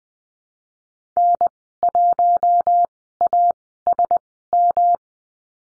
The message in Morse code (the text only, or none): N1ASM